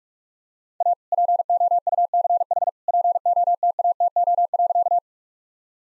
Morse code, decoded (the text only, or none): A POUCH POTATO.